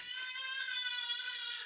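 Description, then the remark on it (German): A 22-month-old girl screams in the background in one long, sustained, high-pitched wail that holds steady for the whole moment, thin and fairly faint, with no one talking over it. “warte mal ganz kurz, meine Tochter schreit gerade im Hintergrund.”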